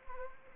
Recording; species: mosquito wingbeat signal from an infrared sensor; Anopheles gambiae